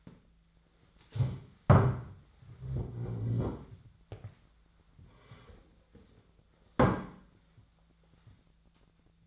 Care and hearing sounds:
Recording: daily activity, microphone in the room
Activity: stand up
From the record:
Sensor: 3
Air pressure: 1008.0 hPa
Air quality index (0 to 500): 191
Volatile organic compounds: 14 ppm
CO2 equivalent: 2456 ppm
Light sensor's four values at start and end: 12/30/12/12 and 12/29/12/12

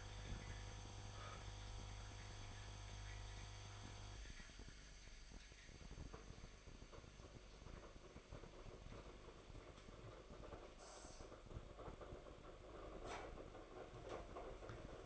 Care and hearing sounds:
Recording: daily activity, microphone in the room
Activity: make coffee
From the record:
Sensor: 5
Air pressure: 1004.4 hPa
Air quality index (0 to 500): 171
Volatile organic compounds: 4 ppm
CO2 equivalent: 1612 ppm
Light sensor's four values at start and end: 38/118/45/45 and 38/119/45/45

